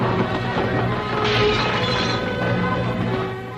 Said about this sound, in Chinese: 意外停车引起了鬼子的注意，鬼子小队长把脑袋伸出窗外观察情况，还没等他把脑袋缩回来，王强举起的酒瓶也狠狠地砸在他的头上。